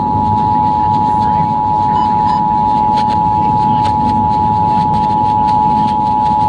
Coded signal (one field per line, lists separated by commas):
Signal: Emergency Alert System (SAME) tones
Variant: 853 and 960 Hz attention tone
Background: speech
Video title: EAS #60 - Flash Flood Warning